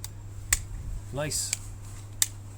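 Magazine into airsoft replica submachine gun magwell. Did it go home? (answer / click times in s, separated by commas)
yes / 2.2 s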